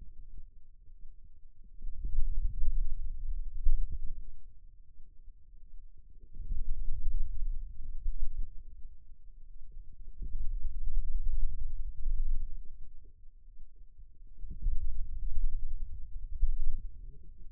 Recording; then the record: forearm muscle sounds (acoustic myography)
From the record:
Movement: pen grasping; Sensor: system 2, bracelet of six BSWA MPA416 microphones around the upper forearm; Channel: 1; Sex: male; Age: 22 years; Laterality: right